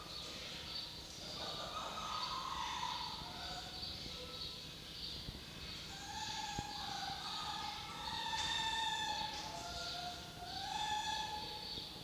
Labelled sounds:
Red Fox (Vulpes vulpes)

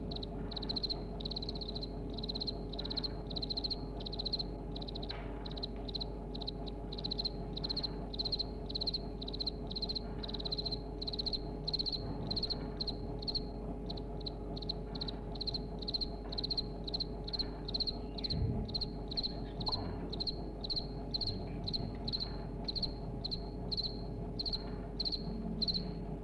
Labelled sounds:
House Cricket (Acheta domesticus)

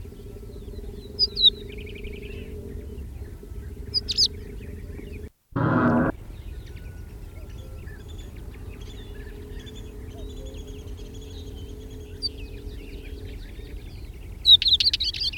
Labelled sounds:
Northern Wheatear (Oenanthe oenanthe) song

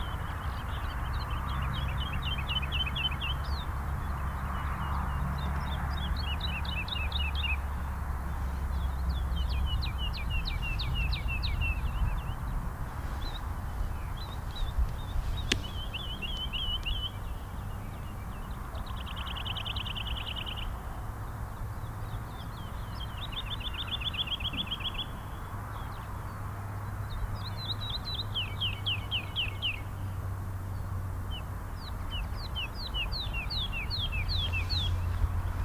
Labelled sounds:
Wood Lark (Lullula arborea)

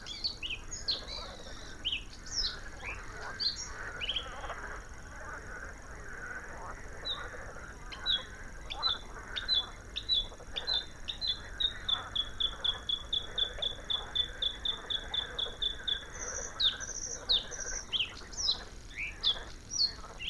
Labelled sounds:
Bluethroat (Luscinia svecica) song

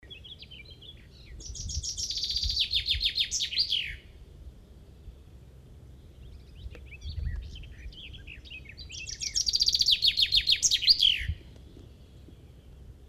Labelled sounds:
Common Chaffinch (Fringilla coelebs) song

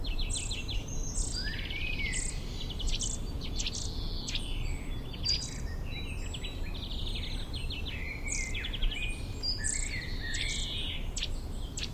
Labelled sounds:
Eurasian Nuthatch (Sitta europaea) call

